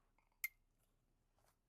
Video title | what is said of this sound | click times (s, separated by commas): CarPlay on a Tesla Screen?! The BEST CarPlay/Android Auto Mod for Tesla Model 3/Y on Factory Screen! | Plug that in. You'll hear it snap. | 0.4 s